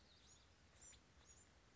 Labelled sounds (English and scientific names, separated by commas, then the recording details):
Bewick's Wren (Thryomanes bewickii)
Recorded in Sonoma County, California